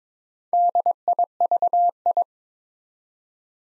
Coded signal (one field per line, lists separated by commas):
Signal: Morse code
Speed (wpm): 22 wpm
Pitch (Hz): 700 Hz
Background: none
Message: DIVI